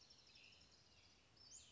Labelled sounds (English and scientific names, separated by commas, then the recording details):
Western Flycatcher (Empidonax difficilis)
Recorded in Sonoma County, California